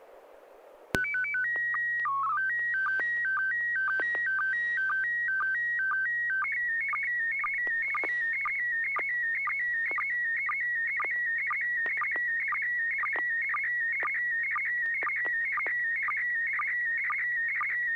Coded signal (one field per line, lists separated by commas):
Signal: SSTV (slow-scan television)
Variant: PD 120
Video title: N6NA SSTV Net - 02/24/2021